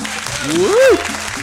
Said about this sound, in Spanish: Y vamos a ponerle unos ¿cómo se llaman? Aplausos. Unos aplausitos nomás. Ahí está.